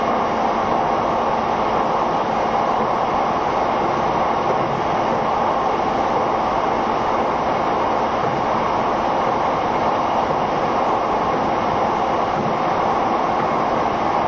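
A train runs steadily along the track, a continuous dense rumble and hiss with no clear breaks over the whole fourteen seconds. Its loudness stays even throughout, the low roar and a bright rushing wash holding constant without distinct events.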